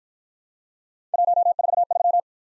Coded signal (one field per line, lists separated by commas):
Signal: Morse code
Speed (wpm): 50 wpm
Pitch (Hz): 700 Hz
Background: none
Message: 143